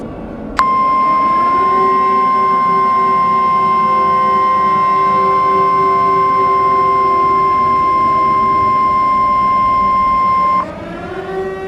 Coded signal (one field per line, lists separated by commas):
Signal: Emergency Alert System (SAME) tones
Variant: 1050 Hz attention tone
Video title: Warden's Wrath: Part II: Infection | EAS Scenario #5